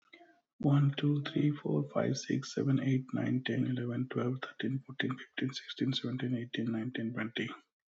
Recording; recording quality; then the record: counting at a fast pace; excellent, no background noise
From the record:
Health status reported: healthy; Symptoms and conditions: hypertension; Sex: male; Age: 35 years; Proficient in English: yes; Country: Canada